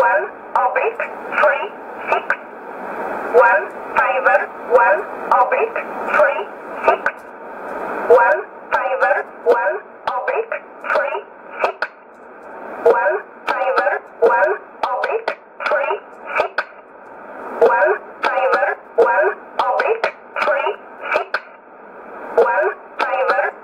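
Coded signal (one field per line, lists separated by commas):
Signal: numbers station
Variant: E11 Oblique, English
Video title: 14 04 2020 E11 Oblique Numbers station in English 0846 on 12202 unknown tx site in USB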